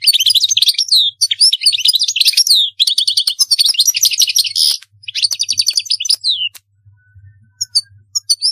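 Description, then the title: European goldfinch song: lively continuous twittering of liquid chirps and trills, with a few scattered single notes toward the end. "Chant Chardonneret"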